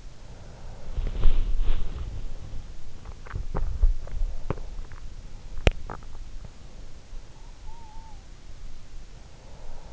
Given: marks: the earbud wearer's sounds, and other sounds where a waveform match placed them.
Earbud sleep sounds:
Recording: sounds in sleep by an in-ear microphone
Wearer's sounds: body movement, swallowing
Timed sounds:
0.00-2.91 s: body movement
3.04-4.85 s: swallowing
5.04-6.80 s: swallowing

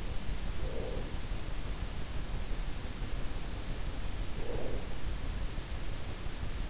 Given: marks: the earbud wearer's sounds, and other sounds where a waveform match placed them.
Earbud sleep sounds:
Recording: sounds in sleep by an in-ear microphone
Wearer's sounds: breath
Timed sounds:
0.33-1.47 s: breath
4.11-5.19 s: breath

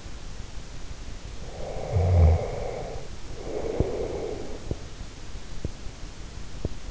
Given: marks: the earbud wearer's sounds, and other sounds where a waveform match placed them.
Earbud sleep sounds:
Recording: sounds in sleep by an in-ear microphone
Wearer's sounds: snoring breath, teeth grinding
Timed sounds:
1.10-4.55 s: snoring breath
4.55-6.90 s: teeth grinding

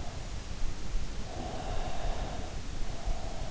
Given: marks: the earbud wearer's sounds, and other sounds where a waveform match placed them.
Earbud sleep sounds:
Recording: sounds in sleep by an in-ear microphone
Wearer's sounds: breath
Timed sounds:
1.31-3.49 s: breath

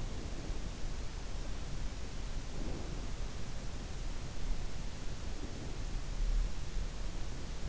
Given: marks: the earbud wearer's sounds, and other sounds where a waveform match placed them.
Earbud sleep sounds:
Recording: sounds in sleep by an in-ear microphone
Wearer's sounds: breath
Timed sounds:
0.00-1.14 s: breath
2.34-3.68 s: breath
5.01-6.22 s: breath

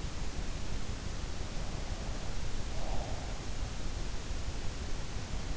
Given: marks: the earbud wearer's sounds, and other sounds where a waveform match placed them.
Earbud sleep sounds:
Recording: sounds in sleep by an in-ear microphone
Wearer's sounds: breath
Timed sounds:
1.52-3.15 s: breath

